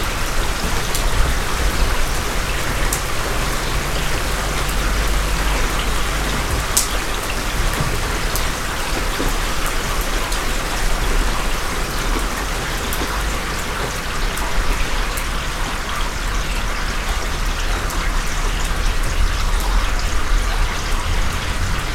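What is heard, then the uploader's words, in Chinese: Hail patters steadily and densely throughout, with sharp individual clicks scattered on top and a low rumble underneath that stays constant. 冰雹轉晴。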